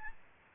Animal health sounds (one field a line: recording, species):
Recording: mosquito wingbeat signal from an infrared sensor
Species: Aedes aegypti